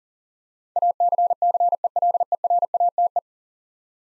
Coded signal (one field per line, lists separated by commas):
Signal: Morse code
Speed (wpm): 37 wpm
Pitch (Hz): 700 Hz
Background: none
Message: ACCELERATE